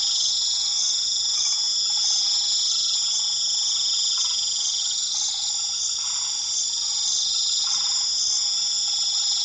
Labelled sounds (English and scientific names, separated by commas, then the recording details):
none
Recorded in pastures near Puerto Asís, Putumayo, Colombia, on 8 March 2025 at 21:30
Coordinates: 0.487, -76.322
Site G077